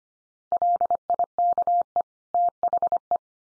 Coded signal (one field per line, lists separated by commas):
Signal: Morse code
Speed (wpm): 25 wpm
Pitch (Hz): 700 Hz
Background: none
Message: LIKE THE